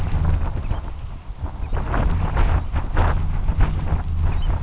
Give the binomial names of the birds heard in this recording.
Pluvialis dominica